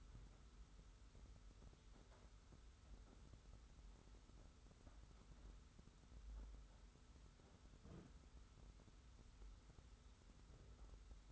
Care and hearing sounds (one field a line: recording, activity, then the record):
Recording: daily activity, microphone in the room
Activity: wipe stove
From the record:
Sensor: 3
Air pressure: 991.5 hPa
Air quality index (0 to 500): 150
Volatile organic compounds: 512 ppm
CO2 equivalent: 4835 ppm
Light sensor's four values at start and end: 50/137/56/49 and 50/137/56/49